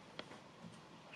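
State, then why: Seated. On a Mini Micro suitcase scooter frame, the folded deck section is swung down and its folding joint locks into place with a short, sharp tick at 0.2 s. A fainter tick follows at 1.1 s. The joint is seated and locked.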